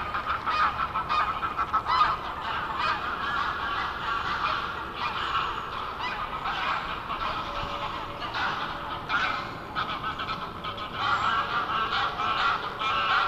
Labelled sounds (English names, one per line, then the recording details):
Greylag Goose call
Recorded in the wild
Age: adult
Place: Schönow, Naturpark Barnim, Brandenburg, DE
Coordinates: 52.6808, 13.5025
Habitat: wetland
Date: 2014-03-02
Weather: sunny, 2-3°C, almost no wind
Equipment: Sound Devices 702, Sennheiser MKH 70, Rycote Windschutz
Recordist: Frommolt, Karl-Heinz